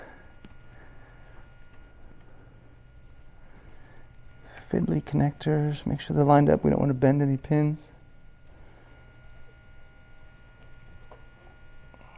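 A fiddly multi-pin cable connector is lined up with its mating connector on a G2 underwater glider while charging lithium batteries, handled carefully to avoid bending any pins. Someone talks from about 4.7 to 7.8 s, with faint handling sounds and small taps at about 0.5, 11.1 and 11.9 s against a quiet background hum. Nothing has seated or clicked yet.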